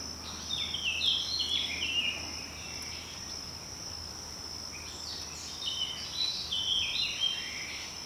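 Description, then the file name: Eurasian blackcap song: two short, scratchy warbled phrases, the first near the start and the second near the end, over a steady high insect-like whine. "Sylvia atricapilla"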